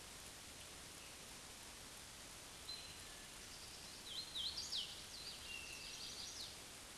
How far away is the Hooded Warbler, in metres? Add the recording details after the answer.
about 55 m. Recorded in a Pennsylvania forest on 17 May 2023 at 20:30. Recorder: AudioMoth, point grid1_27_low. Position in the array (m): 85 m, 92 m